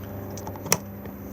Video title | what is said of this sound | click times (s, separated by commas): 46171 Benimar 2019 Mileo 231 outside handover | Once it's plugged in, it locks into place, and then it will allow you to turn the gas on. | 0.7 s